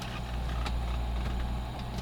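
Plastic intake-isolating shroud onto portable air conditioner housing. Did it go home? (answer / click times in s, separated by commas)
no / none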